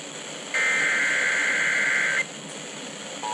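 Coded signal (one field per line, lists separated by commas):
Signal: Emergency Alert System (SAME) tones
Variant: header bursts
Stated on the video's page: Severe weather alert tones.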